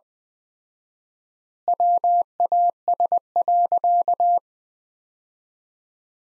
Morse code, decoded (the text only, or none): WAS.